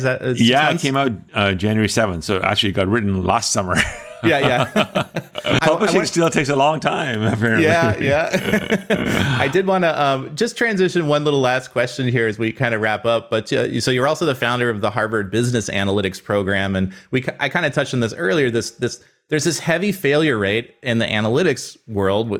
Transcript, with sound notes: Is that [crosstalk]
Yeah, came out January 7th, so actually it got written last summer. [laughs]
Yeah, yeah. [laughs]
Publishing still takes a long time, apparently. [laughs]
Yeah, yeah.. [laughs] I did want to just transition one little last question here as we wrap up, but, so you’re also the founder of the Harvard Business Analytics Program, and I kind of touched on this earlier, there’s this heavy failure rate in the analytics world